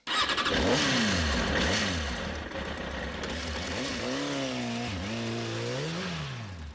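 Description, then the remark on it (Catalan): The engine of a stolen motorcycle revs loudly several times, its pitch swooping up and down, then climbs steadily as Butch rides off to the motel to fetch Fabiana. No voices. “Com que el cotxe d'en Butch ha quedat siniestro total, roba una moto i va al motel a buscar la Fabiana.”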